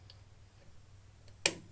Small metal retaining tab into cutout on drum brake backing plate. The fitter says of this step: snaps in there and then it won't rotate.